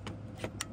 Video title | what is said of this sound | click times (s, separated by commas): My First Lucid Air Road Trip Heading From Palm Springs To Colorado! | in we go nice click communication with the car flashing white | 0.6 s